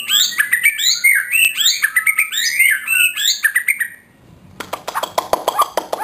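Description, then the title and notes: White-rumped shama song, a rapid run of varied whistles and chattering notes for four seconds, then a short gap and a burst of dry clicking sounds. Song used as a master for training caged songbirds (masteran). "Suara Kicau Burung Murai Batu. burung murai buat masteran"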